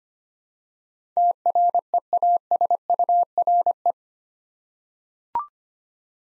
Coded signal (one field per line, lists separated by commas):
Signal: Morse code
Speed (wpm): 25 wpm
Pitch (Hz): 700 Hz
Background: none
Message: TREASURE